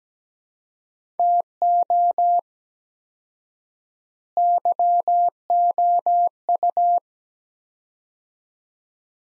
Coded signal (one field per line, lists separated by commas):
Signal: Morse code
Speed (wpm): 17 wpm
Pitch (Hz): 700 Hz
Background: none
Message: TO YOU